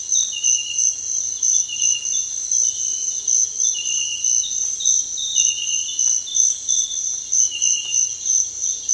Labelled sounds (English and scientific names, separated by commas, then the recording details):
none
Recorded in dense forest near Puerto Asís, Putumayo, Colombia, on 16 December 2024 at 06:00
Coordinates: 0.468, -76.322
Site G071